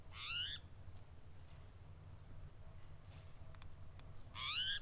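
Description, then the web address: Spotted towhee giving two raspy, catlike mewing calls about four seconds apart, faint ticks between them and a low hum beneath. "lbrc spto dobbs"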